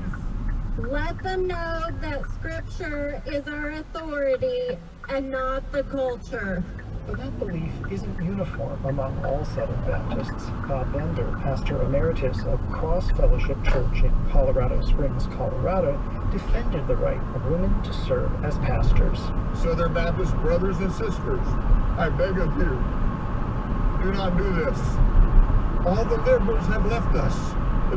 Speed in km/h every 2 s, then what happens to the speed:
15, 6, 0, 16, 19, 19, 24, 32, 40, 44, 47, 52, 53, 55.
0-3 brakes to 0. 4-23 pulls away to 53.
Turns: none.